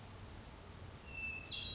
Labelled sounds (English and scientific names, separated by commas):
Hermit Thrush (Catharus guttatus)